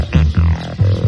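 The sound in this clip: Bullfrog giving deep, droning low notes, several short resonant pulses within about a second.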